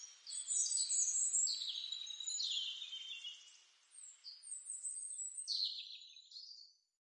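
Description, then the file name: European robin song, thin high phrases with some falling notes, in two bursts separated by a short gap. "Rudzik"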